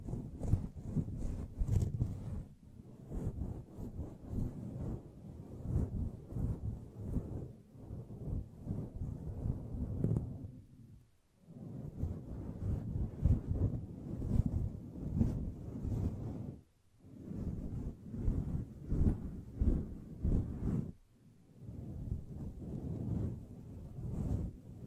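A microphone is brushed and scratched in rough, dense bursts of rumbling scraping with a low, muffled weight. The rubbing runs in stretches of several seconds, broken by brief quiet pauses near 3, 10, 17 and 21 seconds, with faint bright crackle above.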